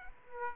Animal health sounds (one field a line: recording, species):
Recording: mosquito wingbeat signal from an infrared sensor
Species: Aedes aegypti